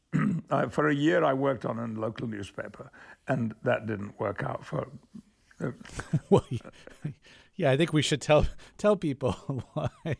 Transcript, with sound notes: for a year, I worked on a local newspaper, and that didn't work out for...
(Laughter) Well, yeah, I think we should tell people